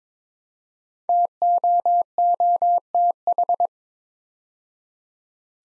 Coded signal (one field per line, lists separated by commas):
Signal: Morse code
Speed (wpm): 22 wpm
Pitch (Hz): 700 Hz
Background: none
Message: TOOTH